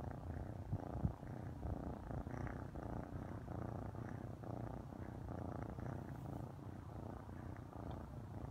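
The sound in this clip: Cat purr, a continuous low throaty rumble with fine rapid pulses throughout.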